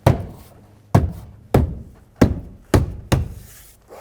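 A door panel on a 2007-2013 Acura MDX is tapped around its perimeter to drive its plastic retaining clips into the metal door frame, giving six dull thunks at 0.1, 1.0, 1.6, 2.2, 2.7 and 3.1 seconds. The panel is then pull-tested and confirmed seated.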